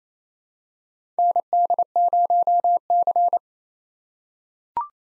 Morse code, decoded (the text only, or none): ND0C